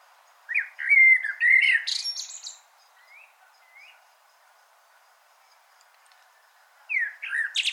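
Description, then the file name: Common blackbird song: a warbled phrase with a squeaky, high ending, a few soft upslurred notes in a long pause, then a new phrase begins at the close. "Turdus merula"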